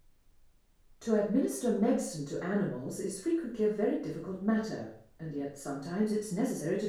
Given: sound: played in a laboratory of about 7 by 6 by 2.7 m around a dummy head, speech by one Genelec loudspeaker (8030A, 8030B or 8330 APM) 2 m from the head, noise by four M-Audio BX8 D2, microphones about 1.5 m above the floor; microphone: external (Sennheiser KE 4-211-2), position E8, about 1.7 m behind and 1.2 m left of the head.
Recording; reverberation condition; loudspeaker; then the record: female speech in English; medium; 150 degrees to the right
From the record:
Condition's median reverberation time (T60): about 510 ms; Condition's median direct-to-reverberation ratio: about -0.5 dB